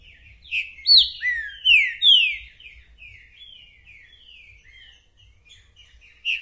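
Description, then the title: Green-winged saltator song: a strong series of clear whistles slurring downward, trailing into softer notes, with a light low rumble underneath. Calling, singing and acting male ('macheando') in a territorial dispute; a repeater giving one song after another; 'mercenário' song type; meant to warm up the listener's own trinca-ferro. "Esse É PERFEITO Para ESQUENTAR Seu TRINCA Piando, Cantando E Macheando Na DISPUTA. TRINCA FERRO REPETIDOR !! UM CANTO ATRÁS DO OUTRO!!! TRINCA FERRO MERCENARIO!"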